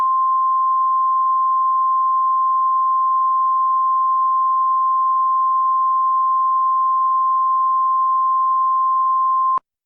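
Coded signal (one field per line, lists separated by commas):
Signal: Emergency Alert System (SAME) tones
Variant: 1050 Hz attention tone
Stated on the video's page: Fictional Halloween EAS scenario, produced with Audacity and Sitepal/Balabolka.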